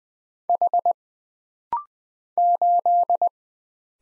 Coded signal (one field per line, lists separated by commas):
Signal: Morse code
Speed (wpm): 20 wpm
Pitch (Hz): 700 Hz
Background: none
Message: H 8